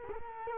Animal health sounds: mosquito wingbeat signal from an infrared sensor; Culex quinquefasciatus

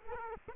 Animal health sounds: mosquito wingbeat signal from an infrared sensor; Culex quinquefasciatus

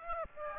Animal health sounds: mosquito wingbeat signal from an infrared sensor; Aedes aegypti

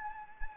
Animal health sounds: mosquito wingbeat signal from an infrared sensor; Anopheles gambiae

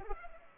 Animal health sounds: mosquito wingbeat signal from an infrared sensor; Culex pipiens

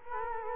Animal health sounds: mosquito wingbeat signal from an infrared sensor; Culex quinquefasciatus

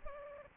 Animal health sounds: mosquito wingbeat signal from an infrared sensor; Culex pipiens

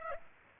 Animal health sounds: mosquito wingbeat signal from an infrared sensor; Aedes aegypti

